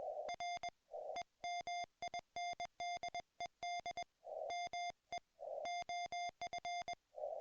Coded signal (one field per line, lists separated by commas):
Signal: Morse code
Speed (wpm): 20 wpm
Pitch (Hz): 2100 Hz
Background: music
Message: REMINDED ME OF